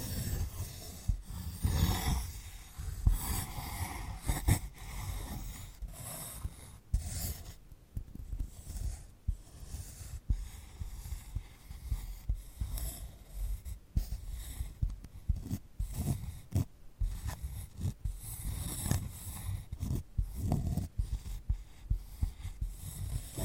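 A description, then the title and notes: Fingers scratch and rub across a sunflower head, producing dense, irregular crackling and dry scraping with frequent sharp clicks over a rough, low rumble. ASMR of a Sunflower Head (No Talking).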